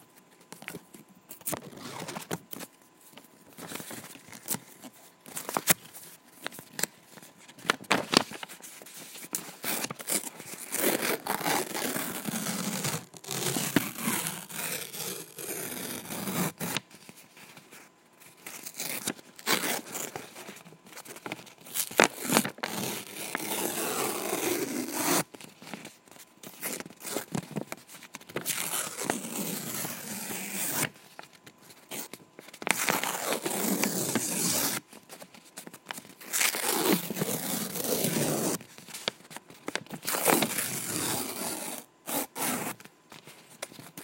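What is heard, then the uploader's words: Paper is ripped and torn in a series of long, bright, raspy bursts, each lasting a few seconds, separated by short pauses and quick crinkling handling noises. The tearing is loud, with no low rumble underneath. Ambient ASMR - Ripping Paper. Paper ripping and tearing.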